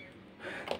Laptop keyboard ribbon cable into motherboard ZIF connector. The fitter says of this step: ये लॉक हो गया, फिर इसको घुमा लें।